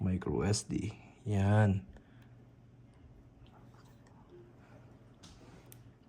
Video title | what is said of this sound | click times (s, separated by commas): Insta360 X5 unboxing | Yun. Nag-click na po siya. Once nag-click na po, pasok na yan. | 5.7 s